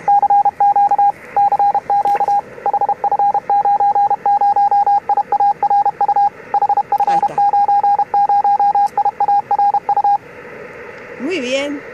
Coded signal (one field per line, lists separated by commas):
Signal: Morse code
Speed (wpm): 31 wpm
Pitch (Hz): 810 Hz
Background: speech, radio noise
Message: CQ CQ HF90IARU HF90IARU